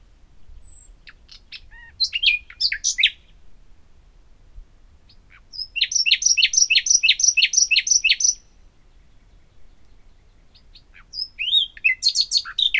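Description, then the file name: Common nightingale song in three phrases: varied chirps, then a long rhythmic run of repeated rich notes, then more varied notes after a pause. "Luscinia megarhynchos"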